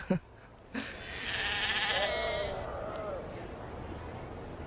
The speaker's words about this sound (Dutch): Zo, ik moet even deze kudde schapen verjagen.